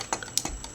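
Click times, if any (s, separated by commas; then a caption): none. A plastic part of an Alternity Starscream robot toy, with a small tab on the inside of a wheel, is handled during a fiddly transformation step as it is pushed toward its slot on the figure body. Short, sharp plastic ticks and taps are heard, the loudest at about 0.4 s. Nothing has seated or clicked into place yet.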